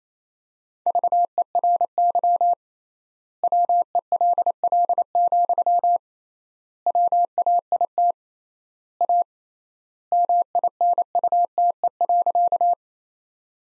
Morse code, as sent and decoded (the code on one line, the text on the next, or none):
...- . .-. -.-- / .-- . .-.. .-.. --..-- / .-- .- .. - / .- / -- .. -. ..- - . .-.-.-
VERY WELL, WAIT A MINUTE.